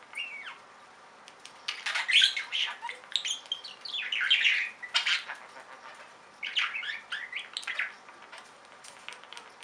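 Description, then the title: Budgerigar squawks and warbled chirps come in two main bursts separated by quieter clicking, harsh and high-pitched. "Budgie Sounds"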